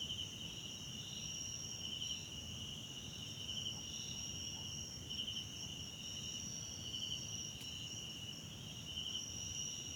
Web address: Tonschliff - SOUTH AFRICAN CRICKETS BG South Africa Wetland Park Kosi Forest Lodge Night